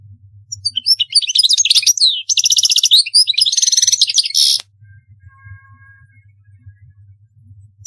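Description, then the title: European goldfinch song: a dense stream of rapid tinkling twitters and buzzy trills that stops abruptly, leaving low hum. "Chant Chardonneret"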